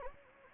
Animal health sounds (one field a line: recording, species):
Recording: mosquito wingbeat signal from an infrared sensor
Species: Anopheles gambiae